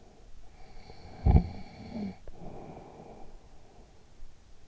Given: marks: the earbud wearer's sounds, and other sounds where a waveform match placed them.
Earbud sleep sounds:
sounds in sleep by an in-ear microphone; snoring breath
0.57-4.26 s: snoring breath

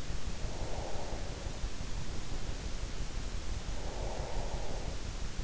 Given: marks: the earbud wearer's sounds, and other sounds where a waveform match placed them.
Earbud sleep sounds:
sounds in sleep by an in-ear microphone; breath
0.31-1.38 s: breath
3.55-5.36 s: breath

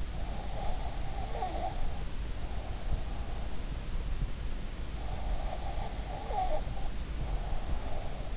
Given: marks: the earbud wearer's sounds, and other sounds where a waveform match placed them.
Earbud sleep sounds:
sounds in sleep by an in-ear microphone; breath
0.35-3.47 s: breath
5.20-8.36 s: breath

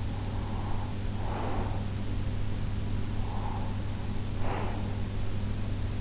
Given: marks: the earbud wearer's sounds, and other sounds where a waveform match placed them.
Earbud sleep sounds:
sounds in sleep by an in-ear microphone; breath
0.00-2.00 s: breath
3.30-5.20 s: breath

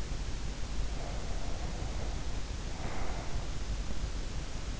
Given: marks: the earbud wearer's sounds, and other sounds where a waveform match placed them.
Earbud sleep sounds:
sounds in sleep by an in-ear microphone; breath
0.66-3.78 s: breath

